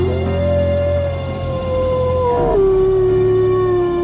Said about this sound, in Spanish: Un coro de lobos aulladores saludó al alba. Los vi sentados sobre sus cuartos traseros, solos y en grupos, en la cima de los montículos y de los túmulos irregulares que llenaban a medias el desierto panorama que se prolongaba hasta el horizonte.